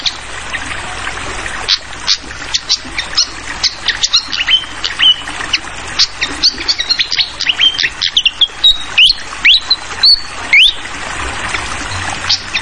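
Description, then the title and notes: Hill blue flycatcher song of rapid chips and short upward-sweeping whistles over continuous running water. Tutoring (masteran) recording for songbirds, clear voice mixed with sound of flowing water. "Masteran Sikatan Kipas Suara Jernih Dan Suara Gemericik Air. Suara Burung Sikatan Londo"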